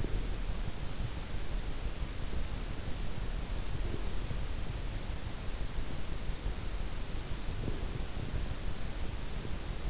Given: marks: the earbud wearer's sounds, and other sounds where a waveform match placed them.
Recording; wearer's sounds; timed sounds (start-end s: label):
sounds in sleep by an in-ear microphone; breath
0.00-0.85 s: breath
3.79-4.47 s: breath
7.61-8.45 s: breath